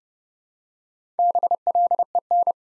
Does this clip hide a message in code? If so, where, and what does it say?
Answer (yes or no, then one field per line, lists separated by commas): yes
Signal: Morse code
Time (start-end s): 1.2-2.5 s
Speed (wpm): 30 wpm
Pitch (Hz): 700 Hz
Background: none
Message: BLEN